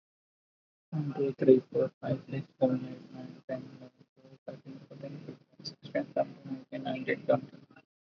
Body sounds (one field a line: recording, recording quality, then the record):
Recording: counting at a normal pace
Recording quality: moderate, slight background noise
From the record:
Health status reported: respiratory illness, not identified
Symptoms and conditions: fever, fatigue, muscle pain, diarrhoea, asthma, hypertension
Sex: male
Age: 42 years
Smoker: yes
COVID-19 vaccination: both doses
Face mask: worn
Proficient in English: yes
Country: India